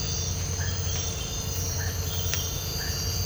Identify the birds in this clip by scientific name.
none